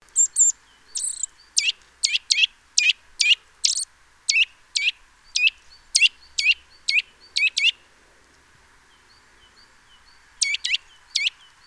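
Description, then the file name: Eurasian nuthatch giving sharp, loud call notes in a long irregular series, each a steep sweep, then a pause before a final burst of three. "Sitta europaea"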